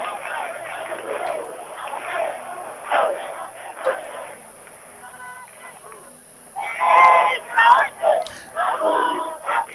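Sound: protest crowd chanting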